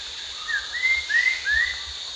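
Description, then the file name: Rufous-tailed shama giving a short phrase of four clear slurred whistles over a steady high hiss of insects. Recorded at Danum on 1 January 2008. "DANUM 20080101"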